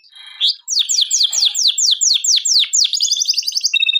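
Canary song: soft twittering leads into a loud series of descending sweeps, ending in quick high trills.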